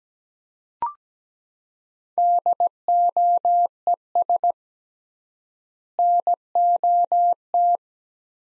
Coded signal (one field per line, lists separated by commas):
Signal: Morse code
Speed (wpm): 17 wpm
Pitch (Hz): 700 Hz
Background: none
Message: DOES NOT